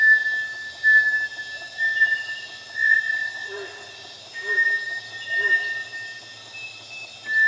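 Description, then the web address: Bartlett's tinamou repeating short, pure whistled notes at irregular intervals, with fainter low, curved whistles between them over a constant buzzing background. "sound Bartlett's-tinamou. صدای-پرنده-وشم-بارتلت"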